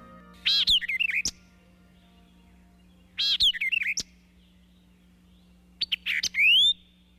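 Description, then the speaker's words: White-eyed Vireo singing three short, emphatic phrases of sharp slurred and chattering notes, separated by pauses of about two seconds, with a faint steady low hum underneath. Complex vocalizations that may include imitations of the call notes of downy woodpecker, great crested flycatcher, wood thrush, summer tanager and eastern towhee. "Here's one example of the amazing sounds produced by the white-eyed vireo."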